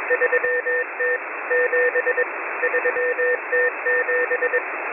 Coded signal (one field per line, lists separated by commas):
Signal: Morse code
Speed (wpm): 21 wpm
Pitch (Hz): 490 Hz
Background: radio noise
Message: 3T 7 3T 7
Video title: M01 Morse Code Numbers 11/09/2022 0700 UTC 6510kHz